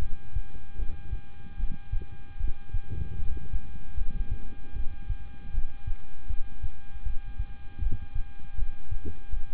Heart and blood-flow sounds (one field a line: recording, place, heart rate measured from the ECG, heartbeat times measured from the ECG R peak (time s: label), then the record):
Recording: heart sounds by stethoscope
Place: between the tricuspid and mitral areas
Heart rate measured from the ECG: 77 bpm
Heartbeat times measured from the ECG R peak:
0.76 s: heartbeat
1.57 s: heartbeat
2.37 s: heartbeat
3.16 s: heartbeat
3.95 s: heartbeat
4.73 s: heartbeat
5.51 s: heartbeat
6.27 s: heartbeat
7.03 s: heartbeat
7.79 s: heartbeat
8.55 s: heartbeat
9.30 s: heartbeat
From the record:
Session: rest, lying down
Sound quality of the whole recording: good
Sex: male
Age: 26 years